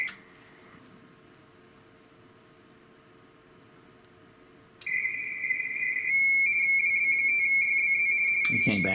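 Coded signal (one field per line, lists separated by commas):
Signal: RTTY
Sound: warbling two-tone chatter near 2.2 kHz, fast steady alternation lasting about four seconds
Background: radio static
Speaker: I'm listening for WT9U. So I'm going to hit It came back to me.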